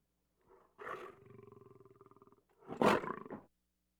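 Lion growl, a short grunt followed by a long throaty rumbling pulse, then a harsher louder snarling burst near the end.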